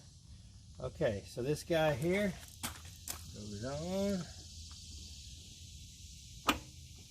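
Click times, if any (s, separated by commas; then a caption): 6.5 s. Someone talks while the end socket of a new rear-window gas strut is pressed onto its ball stud on the liftgate glass of a 2005 Jeep Liberty. A sharp snap at 6.5 seconds marks the socket snapping on and locking into place over a steady background hiss, so the strut end is seated.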